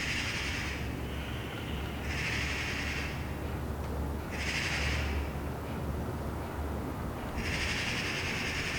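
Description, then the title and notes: Eurasian magpie chatter in four harsh, rattling bursts separated by short pauses, with low background rumble. Several magpies chattering in a tree, heard from a balcony on a Sunday morning in Saint-Gilles, Belgium; recorded with a handheld digital recorder. "Saint-Gilles, Belgique - Magpies. Dimanche matin sur le balcon. Des pies jacassent dans un arbre. Sunday morning on the balcony. Magpies chattering in a tree"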